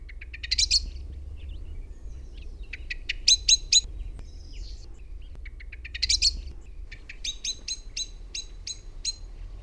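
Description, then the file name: Common blackbird alternating high squeaky twitters with series of hard, repeated chink notes, several bursts throughout over a steady low rumble. "MUSTARASTAS"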